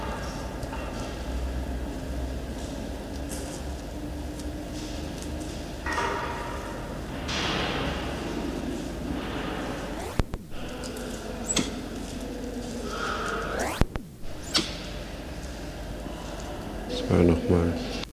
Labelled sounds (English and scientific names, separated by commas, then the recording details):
White-nosed Coati (Nasua narica) call
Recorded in captivity
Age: adult
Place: Zoo Halle, Sachsen-Anhalt, DE
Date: 1973-10-11 17:00
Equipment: MK 125, Sennheiser MD 421, Verstärker, Kopie Uher 4200
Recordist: Tembrock, Günter